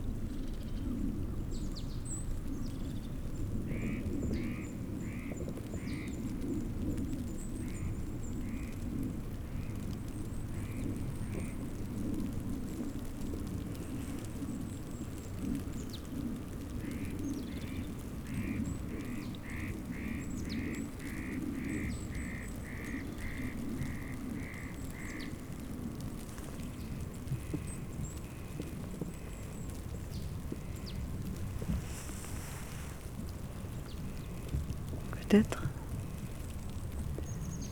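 A frozen lake in the Jura groans with a steady low rumble, broken by rapid runs of strange chirping pings and a sharp crack near the end.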